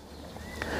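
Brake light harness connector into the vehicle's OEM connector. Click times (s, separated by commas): 0.6 s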